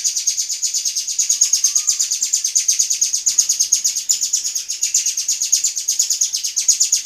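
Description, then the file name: Golden-bellied Gerygone song as an unbroken, fast stream of high, piercing notes, steady in pitch and rhythm throughout. Long, original song of the bird. "suara asli panjang burung rio rio omkicau"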